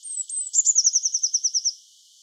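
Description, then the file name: Eurasian blue tit song: two thin, very high drawn-out notes sliding downward, then a fast, even trill of about a dozen bright notes lasting just over a second. "Cyanistes caeruleus"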